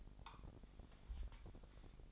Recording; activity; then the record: daily activity, microphone in the room; take from stove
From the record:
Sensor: 5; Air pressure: 999.4 hPa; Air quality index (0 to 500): 224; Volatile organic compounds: 21 ppm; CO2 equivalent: 2733 ppm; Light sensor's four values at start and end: 30/68/28/28 and 31/71/29/28